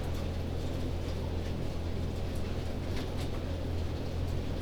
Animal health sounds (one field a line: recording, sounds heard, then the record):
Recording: poultry house recording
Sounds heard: no chicken sound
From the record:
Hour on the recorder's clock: 1